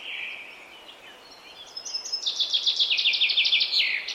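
Common chaffinch song begins partway through, a fast rattle of repeated descending notes closing with an emphatic flourish, after softer bird notes at the start.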